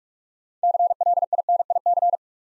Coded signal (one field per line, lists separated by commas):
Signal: Morse code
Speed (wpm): 44 wpm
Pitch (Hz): 700 Hz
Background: none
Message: CLINIC